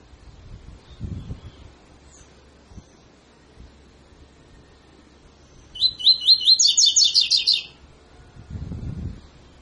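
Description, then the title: Double-collared seedeater delivers one phrase of rising whistles running into a quick trill, with low thumps before and after. Tutor song used for training birds; song style called tui tui fibra. "COLEIRO TUI TUI FIBRA CANTO PROFESSOR"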